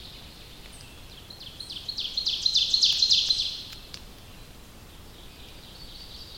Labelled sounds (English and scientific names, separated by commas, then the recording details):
Ovenbird (Seiurus aurocapilla) song
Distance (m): 25 m
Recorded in boreal forest in Alberta, Canada, on 29 May 2016 at 07:25
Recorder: SongMeter 3, array SBT-3-49
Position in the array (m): 55 m, 262 m
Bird 14